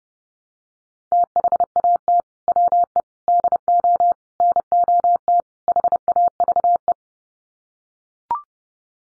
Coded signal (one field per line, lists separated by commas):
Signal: Morse code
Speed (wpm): 29 wpm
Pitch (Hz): 700 Hz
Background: none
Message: THAT WE DO NOT HAVE